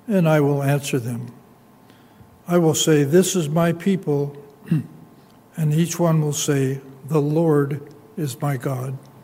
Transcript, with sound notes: and I will answer them. I will say this is my people [clears throat] and each one will say the Lord is my God.